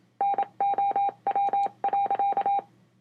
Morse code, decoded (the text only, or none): NOW.